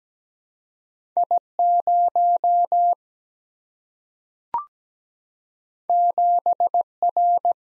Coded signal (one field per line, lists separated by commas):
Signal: Morse code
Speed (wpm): 17 wpm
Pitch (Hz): 700 Hz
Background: none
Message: I0 7R